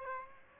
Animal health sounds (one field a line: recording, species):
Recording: mosquito wingbeat signal from an infrared sensor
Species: Aedes aegypti